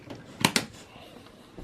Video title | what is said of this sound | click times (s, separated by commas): HP Z230 Workstation Gaming Upgrade Video Card SSD RAM Hard Drive | when you stole the memory properly you can hear two clicks now | 0.5 s, 0.6 s